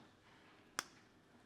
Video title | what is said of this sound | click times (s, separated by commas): LVG Gen 4 selector valve motor upgrade. | pushing in until it clicks. At that point, | 0.8 s